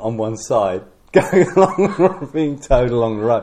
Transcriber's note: chuckle